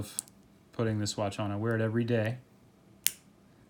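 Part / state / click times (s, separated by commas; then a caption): watch bracelet clasp closing onto its folding buckle / seated / 3.1 s. Someone talks while putting on a Rolex Submariner 116610LN watch, then the spring-loaded steel bracelet clasp closes onto its folding buckle with a single sharp snap at 3.1 seconds. The clasp snaps into place and the watch is fastened.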